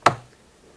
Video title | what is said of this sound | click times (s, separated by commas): Memory Upgrade----PowerBook G4 | Give it a little push. You'll hear the arms click, and your memory is now properly installed. | 0.1 s